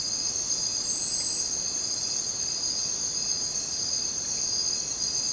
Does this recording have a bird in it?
no